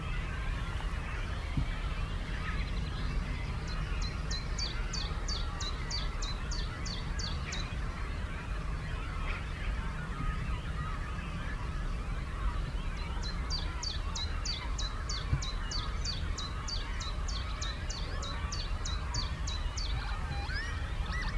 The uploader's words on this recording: A good selection of species behind the constant background of squeaking of cormorant chicks and a foreground chiffchaff.